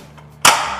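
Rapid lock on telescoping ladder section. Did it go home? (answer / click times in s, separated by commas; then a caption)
yes / 0.5 s. The rapid lock on a telescoping aluminium section of a Little Giant Velocity multipurpose ladder is rotated to lock the section at the chosen height. After a quiet stretch, a single loud, sharp click at 0.5 s rings out and slowly fades, as the lock seats in place.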